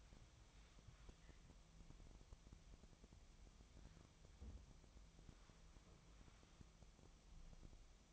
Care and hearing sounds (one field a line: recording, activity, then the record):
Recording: daily activity, microphone in the room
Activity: wipe stove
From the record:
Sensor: 1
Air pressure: 1004.8 hPa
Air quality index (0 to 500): 82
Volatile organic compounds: 2 ppm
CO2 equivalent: 1105 ppm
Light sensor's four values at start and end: 9/23/9/10 and 9/23/9/9